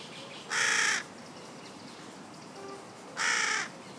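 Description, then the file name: Carrion crow producing two coarse, grating caws about two and a half seconds apart, with a faint brief note between them. "Corvus corone"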